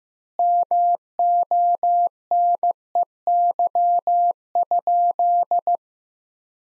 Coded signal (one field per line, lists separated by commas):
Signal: Morse code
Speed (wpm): 15 wpm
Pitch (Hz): 700 Hz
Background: none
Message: MONEY?